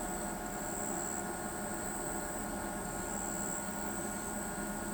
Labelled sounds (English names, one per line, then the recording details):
none
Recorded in pastures near Pivijay, Magdalena, Colombia, on 16 April 2023 at 21:30
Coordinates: 10.456, -74.369
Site P6-G026